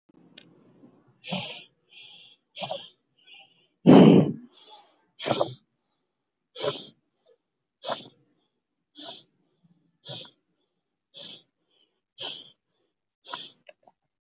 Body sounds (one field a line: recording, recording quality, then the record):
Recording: shallow breathing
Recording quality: excellent, no background noise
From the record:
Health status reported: healthy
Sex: male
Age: 40 years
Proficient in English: yes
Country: India